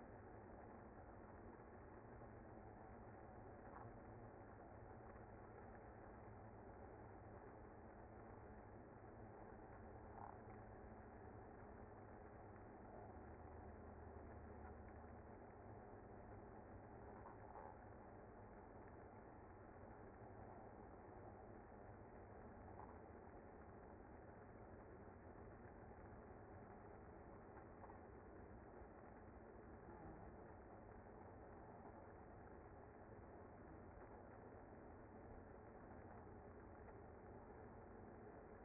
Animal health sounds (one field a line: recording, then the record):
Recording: honeybee colony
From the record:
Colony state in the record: active